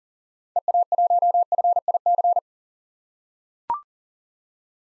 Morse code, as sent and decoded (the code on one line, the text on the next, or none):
. .- .---- ..-. .. -.-.
EA1FIC